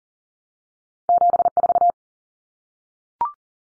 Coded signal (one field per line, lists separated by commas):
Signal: Morse code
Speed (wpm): 37 wpm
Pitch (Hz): 700 Hz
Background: none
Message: 74